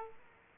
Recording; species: mosquito wingbeat signal from an infrared sensor; Aedes aegypti